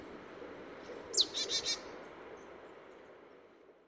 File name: Poecile palustris